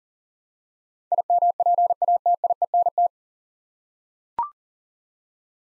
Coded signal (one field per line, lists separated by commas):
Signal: Morse code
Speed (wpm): 40 wpm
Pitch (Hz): 700 Hz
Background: none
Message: IMPATIENT